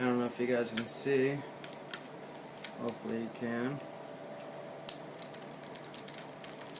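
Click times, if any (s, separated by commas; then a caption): 4.9 s. Someone talks while prying apart the plastic body shell of a never-opened RC Dodge Magnum car. A sharp click at 4.9 s is the plastic snap clips letting go, followed by a few fainter ticks. The clips release, which shows the shell had never been opened before.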